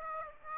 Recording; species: mosquito wingbeat signal from an infrared sensor; Aedes aegypti